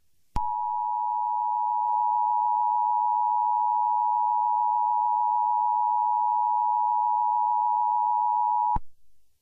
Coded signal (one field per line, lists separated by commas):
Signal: Emergency Alert System (SAME) tones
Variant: 853 and 960 Hz attention tone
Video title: Black Hole - An EAS Scenario